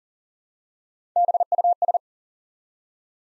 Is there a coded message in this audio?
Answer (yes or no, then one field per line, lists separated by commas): yes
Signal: Morse code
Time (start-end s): 1.2-2.0 s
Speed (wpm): 39 wpm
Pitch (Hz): 700 Hz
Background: none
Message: BUS